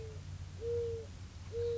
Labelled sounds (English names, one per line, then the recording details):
Mourning Dove
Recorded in Sonoma County, California